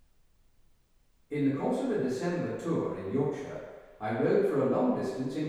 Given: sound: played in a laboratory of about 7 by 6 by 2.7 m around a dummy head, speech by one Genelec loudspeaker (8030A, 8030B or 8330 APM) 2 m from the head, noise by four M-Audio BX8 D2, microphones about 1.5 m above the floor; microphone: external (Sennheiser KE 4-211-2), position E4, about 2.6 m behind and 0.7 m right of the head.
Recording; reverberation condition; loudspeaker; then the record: male speech in English; high; 90 degrees to the right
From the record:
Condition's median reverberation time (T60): about 1300 ms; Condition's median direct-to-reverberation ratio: about -4.0 dB